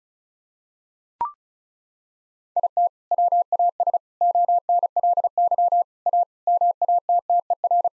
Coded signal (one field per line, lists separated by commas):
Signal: Morse code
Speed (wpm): 34 wpm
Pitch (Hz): 700 Hz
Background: none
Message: IT WAS ONLY A MATTER